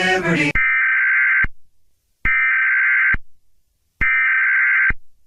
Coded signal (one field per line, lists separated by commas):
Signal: Emergency Alert System (SAME) tones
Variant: header bursts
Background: speech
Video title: World War III - EAS Scenario (Remastered)